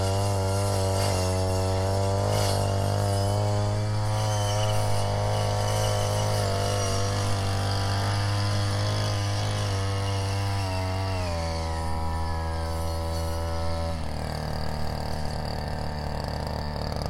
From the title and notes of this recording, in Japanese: 草刈機でひたすら草刈り。夏真っ盛り！少し日のかげりはじめる15時すぎから草刈機で草刈り。サツマイモの畝の間を行ったり来たりしながら、ツルを切らないよううに慎重に刈っていきます。農村の機械音の風景です。